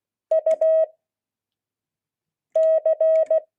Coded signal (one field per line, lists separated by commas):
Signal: Morse code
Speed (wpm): 16 wpm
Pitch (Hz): 630 Hz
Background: none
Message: UC